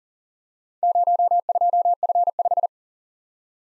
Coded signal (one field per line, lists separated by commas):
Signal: Morse code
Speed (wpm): 41 wpm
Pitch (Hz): 700 Hz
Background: none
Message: 02F5